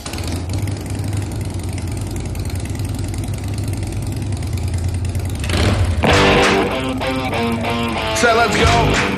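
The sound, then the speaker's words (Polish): An engine is started and idles with a steady, low, throbbing rumble for several seconds, then a louder, harsher surge of revving breaks in and continues to the end. “No to teraz będzie dużo bólu i dużo fajnych dźwięków. Odpalamy silnik.”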